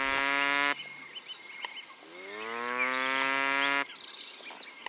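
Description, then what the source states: Coypu giving engine-like alarm calls: one steady buzzing moan ending abruptly, then a quieter start swelling into a long, slightly rising droning tone that also stops abruptly; soft chirping sounds in the background. Coypu alarm calls at night at the Étang de la Horre pond; animal a few metres away and approaching, sound first mistaken for an engine.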